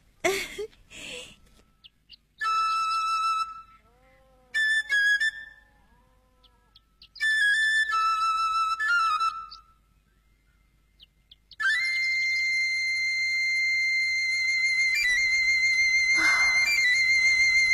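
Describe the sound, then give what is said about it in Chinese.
An eagle-bone flute plays high, piercing whistle-like phrases with sliding, wavering pitch, broken by short pauses, then settles into a long, steady sustained note. No one speaks. “不，孩子们，我只要还能喘气，就能吹鹰笛啊。我吹给你们听听。”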